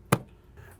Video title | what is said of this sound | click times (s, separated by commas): Mercedes Sprinter Van Engine Air Filter Replacement DIY (2006-2018 Mercedes-Benz W906, OM642) | This one has a mediocre click. | 0.1 s